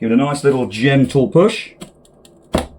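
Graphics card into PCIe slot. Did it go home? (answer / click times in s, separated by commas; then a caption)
yes / 2.6 s. A graphics card gets a gentle push into the PCIe slot. Someone talks for the first 1.5 seconds. Small clicks follow at about 2.1 and 2.3 seconds, and the card's retention latch clicks sharply into place at 2.6 seconds, seating the card.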